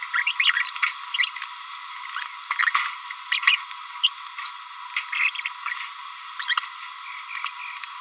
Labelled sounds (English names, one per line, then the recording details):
Green-rumped Parrotlet babbling
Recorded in a nest box in Venezuela
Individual 18B25A4